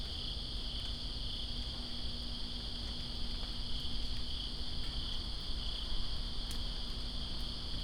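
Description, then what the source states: Crickets keep up a continuous high-pitched trilling chorus while rain hisses and drips steadily, with a few sharp ticks. In rain, Greensboro, 2017-09-02.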